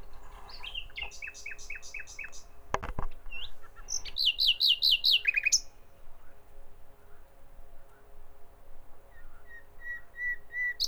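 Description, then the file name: Common nightingale song: varied phrases of repeated chirps, a loud pulsing run of notes around five seconds, then soft repeated whistles; a sharp click near three seconds. "Nachtigall"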